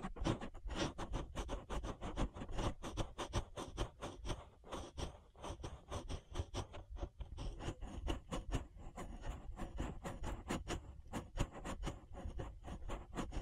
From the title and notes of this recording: ASMR Relaxing Ear Massage. (No Talking).